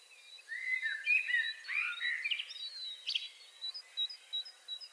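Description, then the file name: Common blackbird singing a short warbled phrase around mid pitch, with a scatter of higher, thin chirps from other birds continuing behind it. "Turdus merula"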